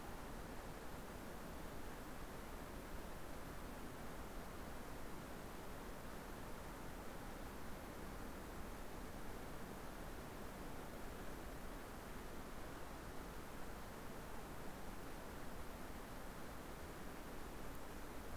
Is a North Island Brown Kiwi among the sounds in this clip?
no